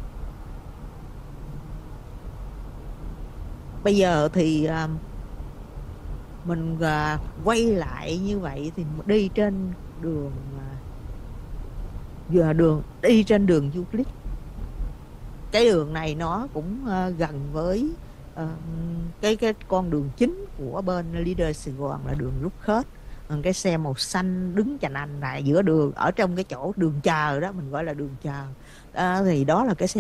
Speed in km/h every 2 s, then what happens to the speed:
48, 48, 50, 53, 53, 52, 48, 48, 45, 45, 45, 42, 42, 44, 44.
0-9 steady at about 50. 9-22 slows to 42. 22-30 steady at about 42.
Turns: none.